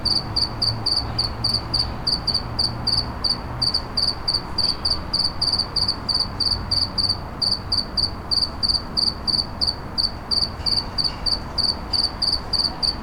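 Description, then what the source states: Cricket chirps repeated steadily for the whole stretch, each a short high pulsed burst, about three a second, with low rumbling background. Recorded in a city.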